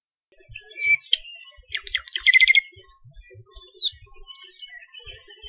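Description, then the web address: Apapane song, scattered whistles and squeaky notes, then a short rapid trill, followed by softer chattering notes. Recorded along Saddle Road, Hawaii. "Saddle Road Birding Songfiles apapanelong"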